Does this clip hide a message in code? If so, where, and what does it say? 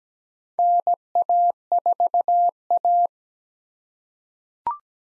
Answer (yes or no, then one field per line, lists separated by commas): yes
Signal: Morse code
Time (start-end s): 0.6-3.1 s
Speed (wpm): 17 wpm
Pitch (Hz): 700 Hz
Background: none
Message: NA4A